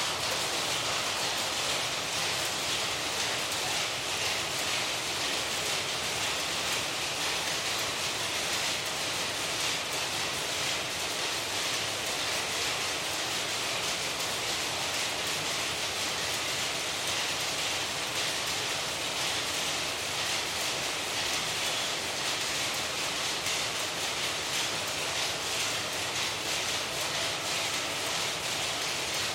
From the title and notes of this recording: Powerlooms of Cubbonpete. Walking through the Cubbonpete with two shoulder-mounted condenser mics and a field recorder in my backpack, I was able to capture the sounds of several power-loom industries located in the tiny back-roads. Recorded in Bangalore, India by Ishan Gupta. Each of them carries a distinctive mechanised rhythmic repetitive noise that can be heard clearly, even from outside their buildings on the pavement.